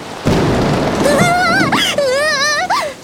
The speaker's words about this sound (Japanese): 天気予報外れだな。 ということは通り雨でしょうか。 ならいいんだけど。